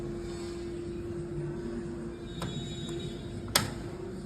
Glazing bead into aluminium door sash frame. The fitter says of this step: So they'll click into place.